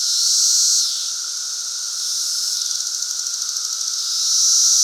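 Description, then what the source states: Periodical cicada chorus: a loud high buzz fades, rapid ticking pulses follow, then the chorus swells again, with a steady lower drone underneath. Chorus in Central Illinois during the 2024 cicada super bloom.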